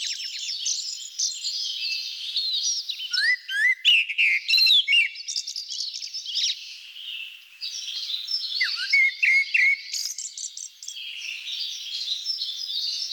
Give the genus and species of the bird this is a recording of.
Turdus hortulorum